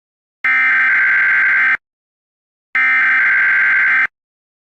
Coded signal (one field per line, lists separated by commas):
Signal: Emergency Alert System (SAME) tones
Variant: header bursts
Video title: If your mom could control the EAS: #mcguire